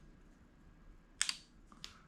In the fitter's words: kind of pulls off always makes me nervous that little click click